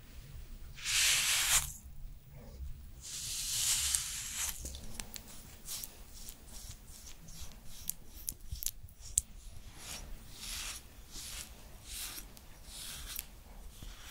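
Sounds from a skincare routine: two long, bright hissing sprays near the start, around one second and again from about three to four and a half seconds. After that come frequent short taps, clicks and brief hissy bursts over a steady low hum.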